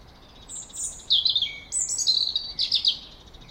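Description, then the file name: European robin singing: thin, high, sparkling warbled phrases that jump between pitches, with brief pauses between bursts and a quiet background. "Erithacus rubecula"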